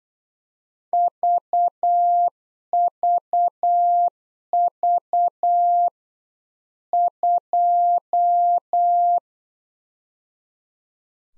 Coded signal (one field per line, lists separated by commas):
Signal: Morse code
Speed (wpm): 8 wpm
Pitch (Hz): 700 Hz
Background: none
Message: VVV 2